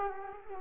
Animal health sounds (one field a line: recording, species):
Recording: mosquito wingbeat signal from an infrared sensor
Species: Culex quinquefasciatus